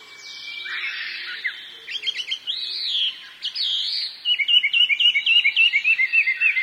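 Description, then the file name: Chinese hwamei song: rich, varied whistled phrases with slurred notes, then a rapid run of repeated bright chirping notes near the end. "gabicho"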